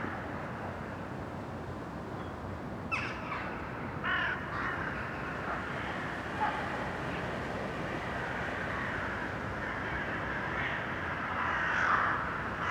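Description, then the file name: Crow giving a few harsh caws against constant loud rumbling background noise. Urban crows. "Detunized - Urban Crows"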